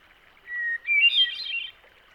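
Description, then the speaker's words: Hermit Thrush song: a clear, steady whistled opening note followed by a quick, higher, fluttering jumble of musical notes. Each song begins with a clear whistle and ends with a musical jumble of notes; individual males have several songs and usually cycle through them all before repeating. "Individual males have several different songs in their repertoire, and usually cycle through them all before repeating a pattern again."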